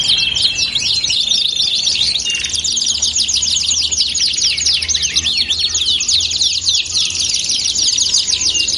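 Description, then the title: Belgian canary song: rolling, sweeping trills sung without pause, beginning with a few level whistled notes. Belgian canary song used as a lure to warm up canaries so they start singing along within seconds. "Canto Para Esquentar Canário Belga. LANGSUNG NYAUT. Pancingan suara kenari hitungan detik langsung ikut bunyi"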